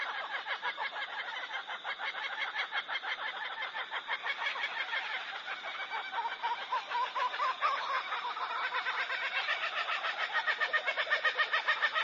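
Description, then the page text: Kookaburra giving a steady stream of fast rattling notes that grows louder and more rhythmic toward the end. "Утренние голоса - Кукабарра зимородковые"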